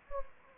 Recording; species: mosquito wingbeat signal from an infrared sensor; Anopheles gambiae